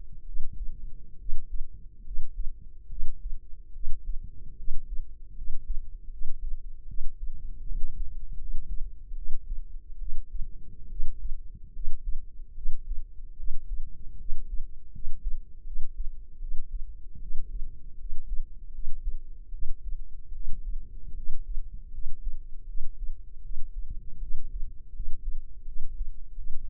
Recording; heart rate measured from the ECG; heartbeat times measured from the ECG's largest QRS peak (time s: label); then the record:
heart sounds by microphone in the left ear; 76 bpm
0.23 s: heartbeat
1.15 s: heartbeat
2.01 s: heartbeat
2.86 s: heartbeat
3.70 s: heartbeat
4.54 s: heartbeat
5.32 s: heartbeat
6.08 s: heartbeat
6.84 s: heartbeat
7.62 s: heartbeat
8.35 s: heartbeat
9.13 s: heartbeat
9.96 s: heartbeat
10.87 s: heartbeat
11.70 s: heartbeat
12.52 s: heartbeat
13.34 s: heartbeat
14.15 s: heartbeat
14.89 s: heartbeat
15.62 s: heartbeat
16.37 s: heartbeat
17.17 s: heartbeat
17.95 s: heartbeat
18.69 s: heartbeat
19.49 s: heartbeat
20.30 s: heartbeat
21.12 s: heartbeat
21.89 s: heartbeat
22.64 s: heartbeat
23.40 s: heartbeat
24.17 s: heartbeat
24.91 s: heartbeat
25.63 s: heartbeat
26.33 s: heartbeat
From the record:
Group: healthy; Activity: rest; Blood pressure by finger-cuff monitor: 117/68 mmHg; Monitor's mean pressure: 85 mmHg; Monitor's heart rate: 76 bpm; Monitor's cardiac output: 6.8 L/min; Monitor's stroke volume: 91 mL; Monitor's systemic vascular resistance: 910 dyn s/cm5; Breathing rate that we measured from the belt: 18 breaths a minute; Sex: female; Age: 23 years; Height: 160 cm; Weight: 50.4 kg